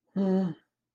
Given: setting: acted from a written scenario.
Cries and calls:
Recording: vocal sound without words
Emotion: neutral

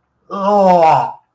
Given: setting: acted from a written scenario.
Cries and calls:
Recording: vocal sound without words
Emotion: disgust

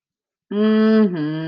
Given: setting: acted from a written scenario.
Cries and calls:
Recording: vocal sound without words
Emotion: contempt

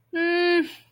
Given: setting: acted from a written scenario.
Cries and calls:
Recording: vocal sound without words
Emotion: shame

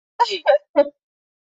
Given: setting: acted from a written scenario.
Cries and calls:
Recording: vocal sound without words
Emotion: elation

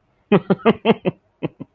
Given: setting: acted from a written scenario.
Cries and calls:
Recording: vocal sound without words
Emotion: amusement

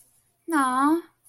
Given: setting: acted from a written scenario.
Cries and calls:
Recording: vocal sound without words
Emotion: adoration

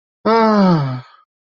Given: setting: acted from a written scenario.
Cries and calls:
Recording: vocal sound without words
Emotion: disappointment

